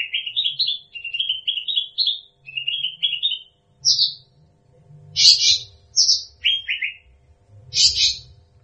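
Bird song: short rising chirp phrases repeated about once a second, then louder harsh bursts over a faint low rumble.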